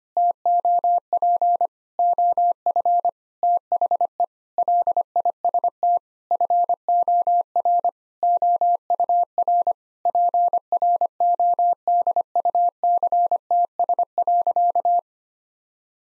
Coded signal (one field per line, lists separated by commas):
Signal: Morse code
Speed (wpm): 25 wpm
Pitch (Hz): 700 Hz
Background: none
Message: TOP OF THE LIST FOR OUR PRODUCTS.